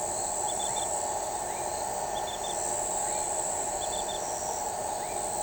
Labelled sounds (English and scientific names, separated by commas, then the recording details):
none
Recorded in shrubland near Pivijay, Magdalena, Colombia, on 15 April 2023 at 00:00
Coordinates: 10.453, -74.365
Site P5-G022